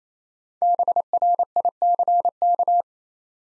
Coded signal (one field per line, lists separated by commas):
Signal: Morse code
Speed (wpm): 27 wpm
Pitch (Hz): 700 Hz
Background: none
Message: BRICK